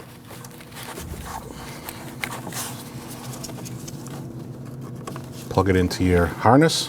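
A new rear ABS wheel speed sensor's plastic electrical connector is handled at the vehicle wiring harness connector on a 2014–2023 Jeep Cherokee. Faint clicks and rustling are heard while someone talks near the end. Nothing has seated or clicked yet.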